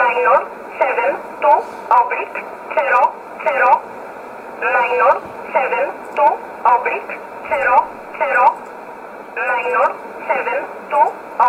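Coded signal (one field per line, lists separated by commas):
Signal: numbers station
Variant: E11 Oblique, English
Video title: 13 11 2019 E11 Oblique Numbers station in English 1626 on 5082 unknown tx site in USB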